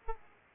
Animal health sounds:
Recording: mosquito wingbeat signal from an infrared sensor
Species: Aedes aegypti

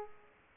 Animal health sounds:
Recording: mosquito wingbeat signal from an infrared sensor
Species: Culex pipiens

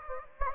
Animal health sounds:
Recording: mosquito wingbeat signal from an infrared sensor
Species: Anopheles gambiae

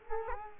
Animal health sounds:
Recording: mosquito wingbeat signal from an infrared sensor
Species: Culex quinquefasciatus

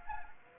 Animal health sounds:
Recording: mosquito wingbeat signal from an infrared sensor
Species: Anopheles gambiae

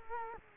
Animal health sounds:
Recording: mosquito wingbeat signal from an infrared sensor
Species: Culex quinquefasciatus

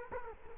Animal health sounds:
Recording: mosquito wingbeat signal from an infrared sensor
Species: Culex quinquefasciatus

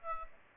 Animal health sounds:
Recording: mosquito wingbeat signal from an infrared sensor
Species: Aedes aegypti

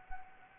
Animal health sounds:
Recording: mosquito wingbeat signal from an infrared sensor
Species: Anopheles gambiae

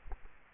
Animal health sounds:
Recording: mosquito wingbeat signal from an infrared sensor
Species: Culex quinquefasciatus

